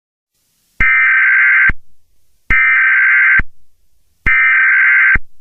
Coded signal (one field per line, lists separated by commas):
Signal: Emergency Alert System (SAME) tones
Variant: header bursts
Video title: EAS Scenario #1: A Radio-Like Problem (inspired by: Hazbin Hotel) DISCLAIMER IN DESCRIPTION!!!!!!